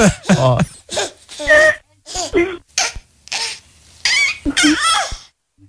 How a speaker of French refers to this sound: C'était un bébé, hein, au cas où, parce que il y en a peut-être qui sont encodés le son, un truc un peu bizarre, mais enfin bon.